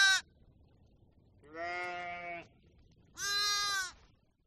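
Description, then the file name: Sheep bleating: three wavering, nasal bleats, the first short and high, the middle one lower and longer, the last loud and high. "audio hero Sheep"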